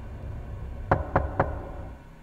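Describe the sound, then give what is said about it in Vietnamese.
Three sharp knocks on a house door from outside, evenly spaced in quick succession, standing out clearly against a low background hum with no voices. “Bà Loan đang nằm nghe con chó nó cắn rát quá, nghĩ là trong nhà có trộm, đang định nhổm dậy thì bỗng nhiên nghe tiếng lục cà lục cục như là ai gõ cửa ở bên ngoài vậy.”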